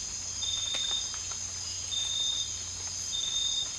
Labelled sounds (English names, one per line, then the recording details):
none
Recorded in dense forest near Puerto Asís, Putumayo, Colombia, on 19 March 2025 at 02:00
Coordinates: 0.484, -76.317
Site G064